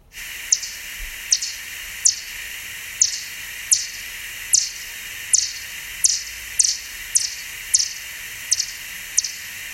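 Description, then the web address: Bat calls as a series of sharp chirps at fairly regular intervals, with constant hiss behind. Bat call listening example for teaching, from LMU Munich teacher education materials. "fledermaus hoerbeispiele-fledermausrufe fledermausruf"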